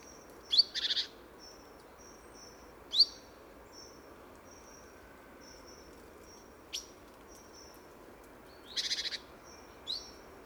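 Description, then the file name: Great tit calls, sharp downslurred notes and two short buzzy churrs spread throughout, with thin high whistles in the background. "Parus major"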